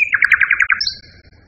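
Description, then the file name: Nightingale song, a quick series of clear bouncing notes followed by a thin, high drawn-out whistle. Song variation. "kicauan-nightingale-b-variasi 5-omkicau"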